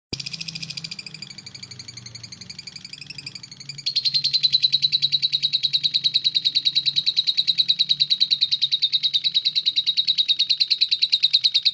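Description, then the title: Oriental magpie-robin song opening with a softer, wavering buzzy passage, then switching to loud, rapid repeated chirps over a faint low hum. "Kicau Kacer"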